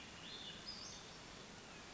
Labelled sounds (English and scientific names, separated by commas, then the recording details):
Western Flycatcher (Empidonax difficilis)
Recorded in Sonoma County, California